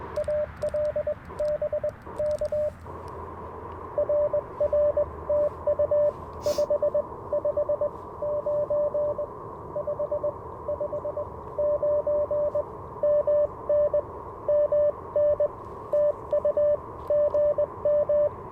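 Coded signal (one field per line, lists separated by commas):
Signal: Morse code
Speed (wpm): 22 wpm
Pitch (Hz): 600 Hz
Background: radio noise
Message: AL BK RR TU 559 559 MN MN TU GM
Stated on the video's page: Live early-morning QRP CW Parks on the Air activation in a national forest, using an Icom IC-705, Alex Loop antenna and paddle key.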